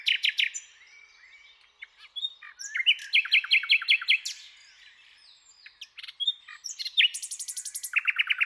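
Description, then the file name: Common nightingale song: varied phrases with quick repeated notes, short pauses, and a closing fast buzzy rattle. "Luscinia megarhynchos"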